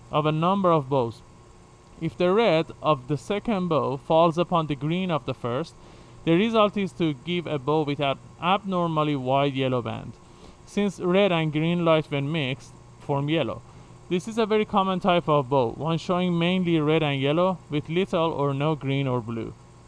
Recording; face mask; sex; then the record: reading aloud; surgical mask; male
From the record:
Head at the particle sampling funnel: facing it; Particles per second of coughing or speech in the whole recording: 0.101